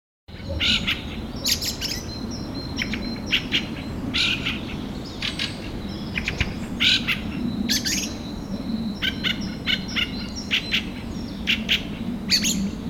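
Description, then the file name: Fieldfare singing in scratchy, chattering phrases with squeaky notes, broken by short pauses, over a low background rumble. Recorded 25 April at 4:30 in the morning. "Drozd-ryabinnik - 25 aprelya 4 30 utra"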